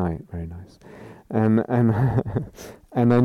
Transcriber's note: laughs